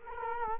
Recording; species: mosquito wingbeat signal from an infrared sensor; Culex quinquefasciatus